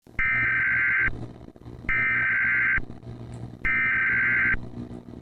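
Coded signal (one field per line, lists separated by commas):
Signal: Emergency Alert System (SAME) tones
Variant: header bursts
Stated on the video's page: Fictional analog horror civil warning, not a real alert.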